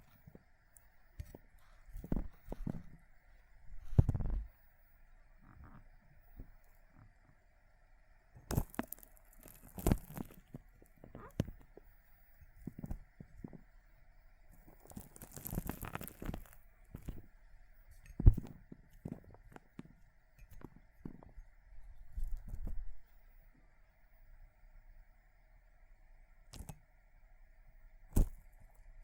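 Water beads being crushed, with irregular squishy pops and crackles coming in short clusters, some sharper bursts near the middle. Quiet gaps fall between the squeezes, and a faint steady hum runs underneath throughout.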